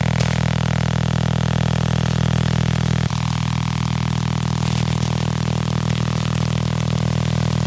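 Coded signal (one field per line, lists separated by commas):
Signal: radar signal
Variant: Contayner OTHR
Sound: steady harsh rapid buzzing, about 40 pulses a second, like an idling engine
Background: radio static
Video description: Tres transmisiones simultáneas del OTHR Contayner en la banda de #Radioaficionados de 20 m.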